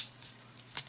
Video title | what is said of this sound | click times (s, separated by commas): Toy Spot - Playmates Toys Teenage Mutant Ninja Turtles Throw N Battle Leonardo | there we go you'll know when you lock it when you hear a click and then you have something that looks like this | 0.8 s